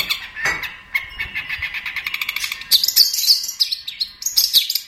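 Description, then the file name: Long-tailed shrike song: a run of quick repeated mid-pitched notes over faint background noise, followed by shrill, sharp high chattering. Training recording for songbird keepers; master song. "cendet-master -omkicau"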